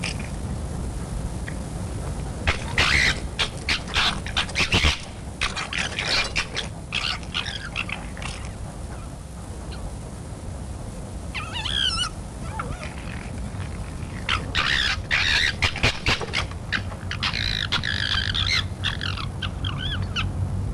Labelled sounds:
Corsac Fox
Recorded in captivity
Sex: group
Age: adult
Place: Tierpark Berlin, Berlin, DE
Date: 1963-07-05 21:00
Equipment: Minifon, Kopie BG 26/1
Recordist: Tembrock, Günter
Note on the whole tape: Begegnungen zwischen Altfüchsen: Keckern, Winseln. Abstand ca. 5 m

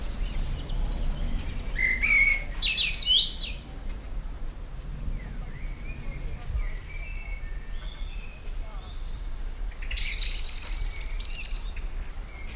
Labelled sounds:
Common Blackbird song
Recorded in the wild
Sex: male
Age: adult
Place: Lübars, Benekendorffstraße, Berlin, DE
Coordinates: 52.6167, 13.3469
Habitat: garden
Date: 1999-07-10 20:54
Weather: fair, 24°C
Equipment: Sony WM-D6C, Sennheiser ME 80, Kopie Uher 4000 Report Monitor
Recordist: Tembrock, Günter

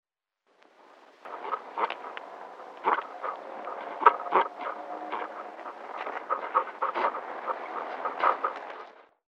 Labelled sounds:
Crested Porcupine
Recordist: Tembrock, Günter
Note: NULL

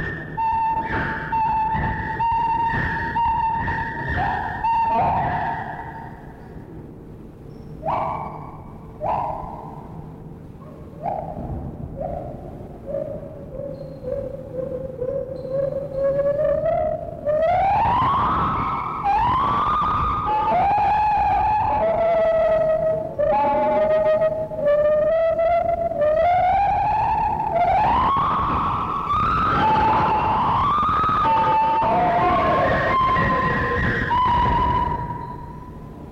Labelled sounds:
Lar Gibbon
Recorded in captivity
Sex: pair
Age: adult
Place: Zoo Berlin, Berlin, DE
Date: 1960-10-08 12:00
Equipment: Minifon, Kopie Smaragd
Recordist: Tembrock, Günter

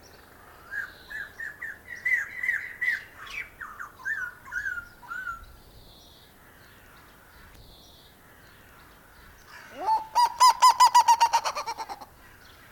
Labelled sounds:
Splendid Starling song
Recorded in captivity
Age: adult
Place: Zoo Berlin, Berlin, DE
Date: 1997-03-04 12:15
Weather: heiter, 10 bis 15°C
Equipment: Nagra SN, Kopie Uher 4000 Report Monitor
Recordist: Tembrock, Günter

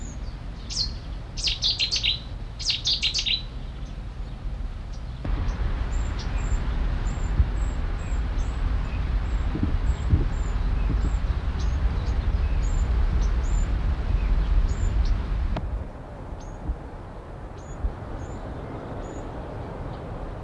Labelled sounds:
Cetti's Warbler alarm call
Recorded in the wild
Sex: male
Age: adult
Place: Berneburg (Sontra), Hessen, DE
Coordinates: 51.06, 9.88
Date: 1975-08-09
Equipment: Halbspur, 9,5 cm/s
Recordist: Lütgens, Hans
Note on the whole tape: Warnrufe und Reihen von führenden Männchen

